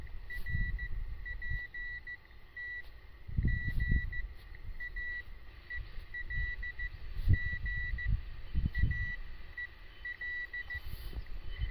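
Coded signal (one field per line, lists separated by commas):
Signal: Morse code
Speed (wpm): 15 wpm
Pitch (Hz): 1950 Hz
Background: none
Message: RPT GAEL GAEL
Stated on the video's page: CW contact on a British military UK/RT 320 radio with a mobile station 37 km away.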